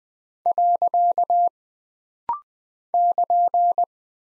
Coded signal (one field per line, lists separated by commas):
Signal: Morse code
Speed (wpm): 20 wpm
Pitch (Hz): 700 Hz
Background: none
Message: . <KN>